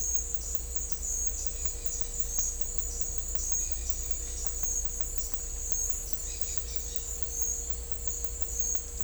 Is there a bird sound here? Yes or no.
no